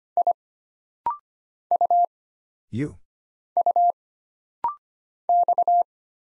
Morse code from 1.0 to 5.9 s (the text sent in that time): U U X